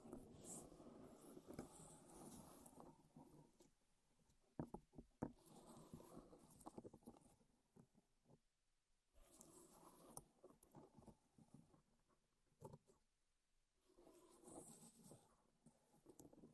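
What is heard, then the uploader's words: Wood triggers: bursts of rustling and scratching on wood come and go in stretches, with sharp taps and knocks clustered around 4 to 6 seconds and again near 12 seconds. Quieter gaps separate the denser scraping passages, which return near 9 and 14 seconds. ASMR Wood Triggers in Your Ears (No Talking).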